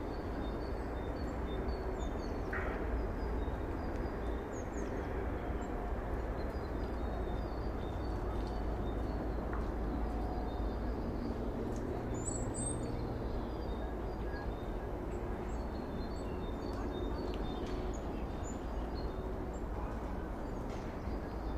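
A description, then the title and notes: Morning in a Black Forest nature reserve: a steady, dense low rumble fills the whole clip, like passing traffic or a train. Scattered high bird chirps sound throughout, with a clearer bright call around twelve seconds. Heute nehme ich Euch mit in ein Naturschutzgebiet im Schwarzwald. A nature reserve in the Black Forest.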